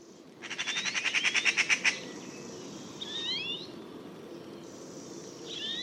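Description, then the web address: Bird: a quick, loud pulsed rattle of bird notes opens, then paired sliding whistles follow twice in a quieter background. "cianscape birddata Deverinetal"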